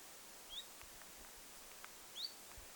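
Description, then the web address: Common chiffchaff calling twice with brief upslurred whistled notes over steady hiss. Recorded 27 August 2026; call rendered as 'zuit' or 'hyit'. "paivat 27 8 2026 zuit vaiko hyit-tiltaltti"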